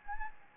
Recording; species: mosquito wingbeat signal from an infrared sensor; Anopheles gambiae